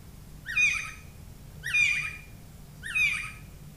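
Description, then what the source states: Canada Jay calls: three harsh, slurred squawks with rich harmonics, each dropping slightly in pitch, spaced about every 1.2 seconds over a quiet low hum. Played back as an example of corvid calls.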